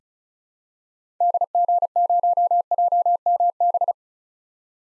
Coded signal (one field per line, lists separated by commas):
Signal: Morse code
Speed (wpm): 36 wpm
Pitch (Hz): 700 Hz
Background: none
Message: DG0JMB